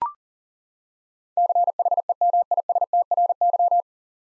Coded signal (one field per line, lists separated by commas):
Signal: Morse code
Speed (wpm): 40 wpm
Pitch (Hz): 700 Hz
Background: none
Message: CHEMISTRY